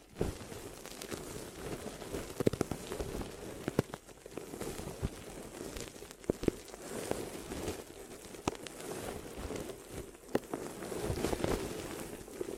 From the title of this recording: Glue Ear Massage and Cleaning